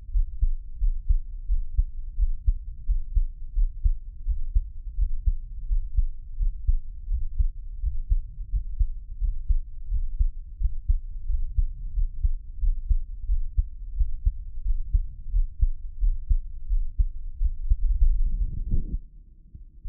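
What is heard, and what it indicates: An adult's own heartbeat, heard close up as ASMR: muffled low thumps repeat at about 87 beats a minute in a fairly steady rhythm, with no talking. A brief louder rumble occurs near the end, and the sound then fades.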